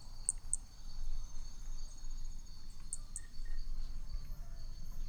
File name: B hermogenesi Picinguaba ind 4 ex 3 tudo 5-20 cm distancia 13 dez 2017 MRB